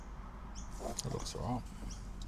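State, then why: Not seated. Someone talks while handling a plastic wiring harness connector at the head unit socket of a BMW X5, with faint handling noises under the speech. Nothing has seated or clicked yet; the connector still needs more force to go home.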